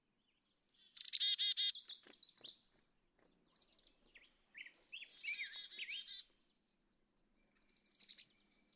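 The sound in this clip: Black-capped chickadee giving buzzy, harsh 'dee' note series mixed with thin high chips, in several separate bursts with quiet gaps.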